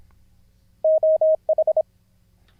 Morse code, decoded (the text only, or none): OH